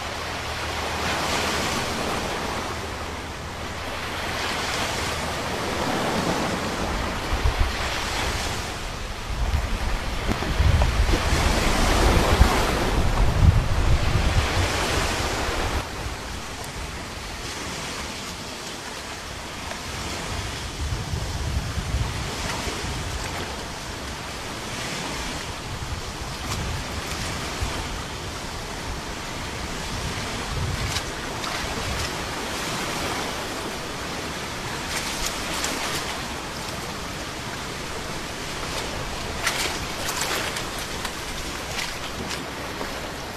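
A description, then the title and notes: Sea waves wash in a steady hiss, with a louder surge of rumbling surf around ten to fifteen seconds, then softer repeated swells. Relaxing Sea Wave Sound.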